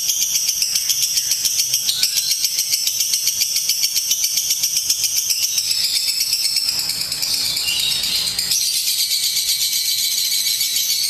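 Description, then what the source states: Lovebird chatter, an unbroken stream of shrill, rapid notes. Lutino lovebird giving the ngekek chattering call, used for training.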